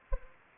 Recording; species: mosquito wingbeat signal from an infrared sensor; Anopheles gambiae